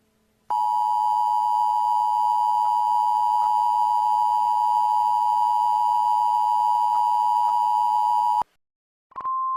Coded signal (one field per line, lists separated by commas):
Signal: Emergency Alert System (SAME) tones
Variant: 853 and 960 Hz attention tone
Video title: An EAS Scenario: Tyrannosaurus Rex Attack